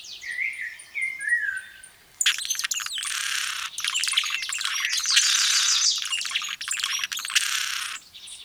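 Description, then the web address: Blue-throated hummingbird song: high thin squeaky notes and slurred chips, then a dense run of buzzy, rapidly repeated chattering phrases lasting several seconds. "le chant du colibri a gorge bleue"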